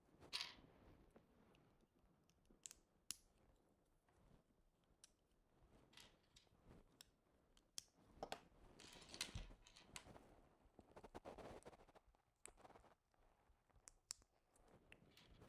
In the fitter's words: Some satisfying clicks there.